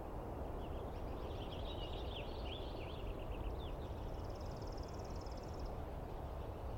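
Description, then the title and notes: Douglas squirrel chattering: a run of quick chirpy, wavering notes, then a fast, high buzzy trill lasting over a second, over a steady low rumbling background. Douglas pine squirrel screaming at length at dawn, morning of 21 April 2017, East Cascades; identified by its sound, not clearly seen. "On the morning of 21 April, 2017, I set up my microphones and recorder for a nice dawn recording in the East Cascades. I was started awake by a screaming Douglas Pine Squirrel"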